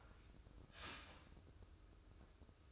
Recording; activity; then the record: daily activity, microphone in the room; start toaster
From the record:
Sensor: 2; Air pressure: 995.0 hPa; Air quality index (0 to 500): 59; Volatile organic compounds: 1 ppm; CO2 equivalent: 971 ppm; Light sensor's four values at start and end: 17/54/21/20 and 17/54/21/20